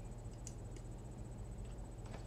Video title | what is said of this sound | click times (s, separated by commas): BlackIce Nxt Development kit lives! | you hear the click | 0.5 s